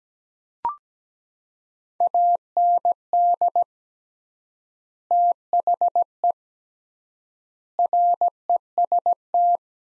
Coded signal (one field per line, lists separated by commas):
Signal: Morse code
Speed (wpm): 17 wpm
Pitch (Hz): 700 Hz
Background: none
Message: AND THE REST